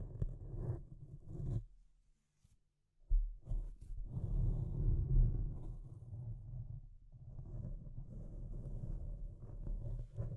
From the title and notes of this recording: Deep Scratching. (No Talking).